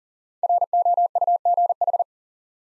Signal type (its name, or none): Morse code